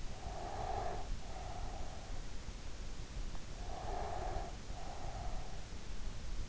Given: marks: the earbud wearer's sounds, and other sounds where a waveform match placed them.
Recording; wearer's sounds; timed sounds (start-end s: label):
sounds in sleep by an in-ear microphone; breath
0.10-2.21 s: breath
3.63-5.63 s: breath